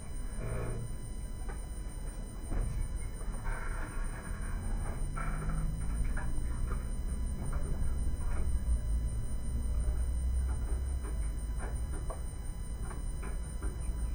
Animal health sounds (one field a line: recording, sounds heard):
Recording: poultry house recording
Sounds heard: background noise or bird activity such as feeding and pecking